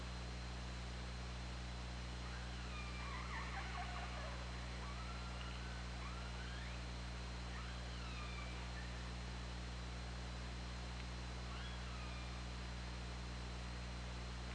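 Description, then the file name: Orca calls: a cluster of clearer rising and falling tonal calls early on, then several looping sweeps, over persistent low hum and hiss. Hydrophone, 24 August 2017, 20:50. "Orca Lab"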